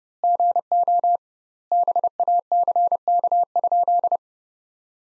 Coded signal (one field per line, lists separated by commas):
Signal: Morse code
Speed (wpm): 30 wpm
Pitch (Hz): 700 Hz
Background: none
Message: GO BACK?